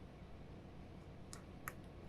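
Two sharp clicks at 1.3 s and 1.7 s are heard as the home button flex cable and the display/touch flex cable press-fit connectors are pushed onto their sockets on an Apple iPhone 8 logic board. Both connectors seat, with a steady low background hum throughout.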